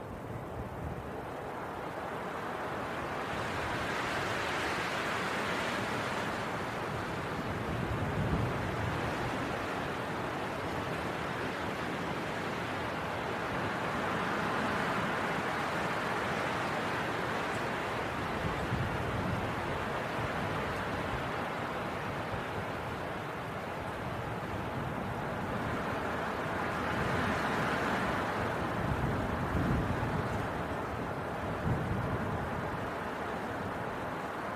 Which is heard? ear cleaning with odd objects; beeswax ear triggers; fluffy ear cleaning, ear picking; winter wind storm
winter wind storm